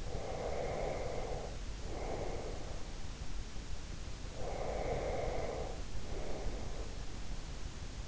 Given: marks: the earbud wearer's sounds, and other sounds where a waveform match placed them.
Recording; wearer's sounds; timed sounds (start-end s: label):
sounds in sleep by an in-ear microphone; breath
0.00-2.99 s: breath
4.39-6.94 s: breath